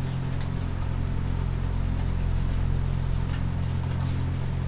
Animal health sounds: poultry house recording; sick chickens (respiratory disease)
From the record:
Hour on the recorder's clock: 0

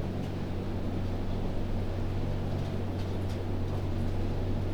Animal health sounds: poultry house recording; no chicken sound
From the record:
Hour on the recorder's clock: 2

